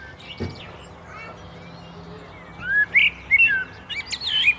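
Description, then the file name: Common blackbird singing a single phrase of slurred fluty whistles that turn into high, scratchy twittering, after a quiet start. "Turdus merula"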